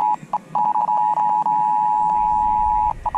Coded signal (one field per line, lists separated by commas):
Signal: Emergency Alert System (SAME) tones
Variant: 853 and 960 Hz attention tone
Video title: Sweating for New Stations... | EAS #377 (NC RMT from 7/10/2024)